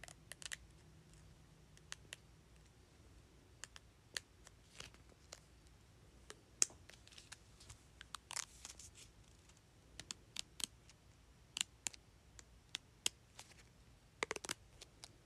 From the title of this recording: Flipping and tapping sticky notes